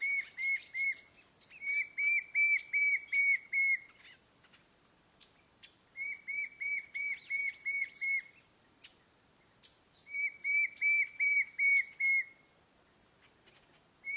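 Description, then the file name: White-shouldered fire-eye song: several runs of evenly spaced, clear whistled notes, each lasting about two seconds, with fainter higher chirps above. "Canto do papa taoca do sul"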